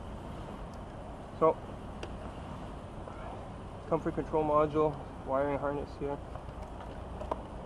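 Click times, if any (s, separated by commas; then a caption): 7.3 s. A plastic wiring harness connector is pushed onto the comfort control module under the wet carpet of a VW B5 while someone talks over a steady low hum. A sharp click is heard at 7.3 seconds as the connector seats into place.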